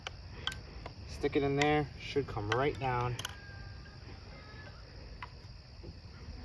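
A rope cocking device is pushed down into a Barnett Hyper Raptor 410 crossbow so its hook can engage the bowstring, with light handling ticks near 0.1, 0.5, 0.9 and 5.2 seconds while someone talks. Nothing has seated or snapped onto the string yet.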